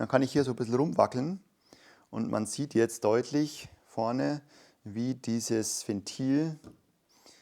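Someone wiggles the rotating air valve part on a bicycle suspension fork while talking, working it toward the point where the valve shows from the side and its spring ball detent engages. Only speech is heard, with no distinct click. The ball detent has not snapped into place yet.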